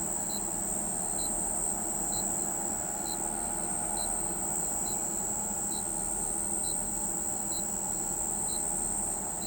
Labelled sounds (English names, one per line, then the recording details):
none
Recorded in pastures near Pivijay, Magdalena, Colombia, on 18 April 2023 at 05:00
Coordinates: 10.456, -74.369
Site P6-G026